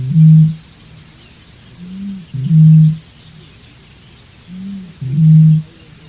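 Bird giving deep, low hoots, each loud note preceded by a softer, slightly rising one, the pair repeated roughly every two and a half seconds over a quiet hiss.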